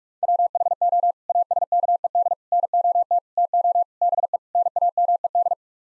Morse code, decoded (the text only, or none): WHO ASKED NOT TO BE NAMED